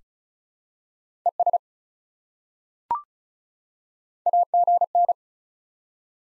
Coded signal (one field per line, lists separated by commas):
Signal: Morse code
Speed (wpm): 36 wpm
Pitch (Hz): 700 Hz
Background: none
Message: ES AGN